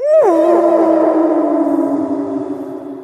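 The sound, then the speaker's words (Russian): A single long howl from a big grey wolf, loud and alone: it starts higher, dips quickly, then holds a steady tone that slides slowly lower over about three seconds. “За спиной раздался вой, и я замер возле кустов, переходя в боевую стойку.”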